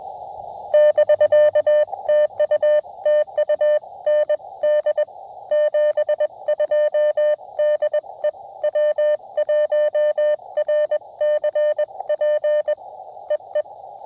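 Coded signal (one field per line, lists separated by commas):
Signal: Morse code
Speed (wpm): 21 wpm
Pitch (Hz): 590 Hz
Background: none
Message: <BK> TU TU ND 72 DE W1RCP EE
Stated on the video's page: 20 m POTA activation late in the day, keyed with a new Putikeeg Puck key, into a 17-foot RandoWire antenna on a carbon-fiber mast.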